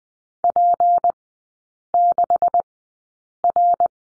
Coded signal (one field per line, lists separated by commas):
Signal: Morse code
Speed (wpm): 20 wpm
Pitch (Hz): 700 Hz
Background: none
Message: P6R